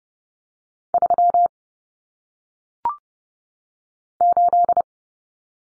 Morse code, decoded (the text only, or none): 3 8